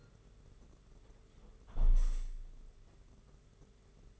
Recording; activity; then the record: daily activity, microphone in the room; close window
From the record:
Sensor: 4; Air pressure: 992.1 hPa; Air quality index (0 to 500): 100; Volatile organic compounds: 12 ppm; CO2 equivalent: 2367 ppm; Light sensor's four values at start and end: 23/78/28/30 and 22/77/28/30